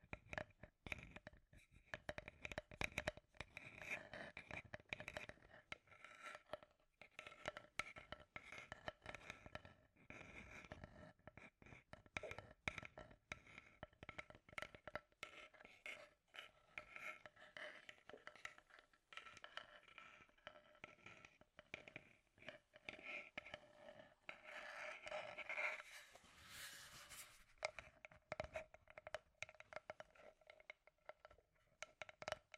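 Scratchy tapping runs throughout: dense, irregular clicks and scrapes with a rough, rasping texture, like rubbing on wood. A faint steady hum sits underneath the whole time, and around 25 to 27 seconds the scratching grows brighter and busier.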